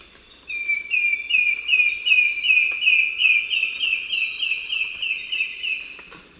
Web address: Natures Songs S America Eastern Lowlands Myrmeciza fortis, duet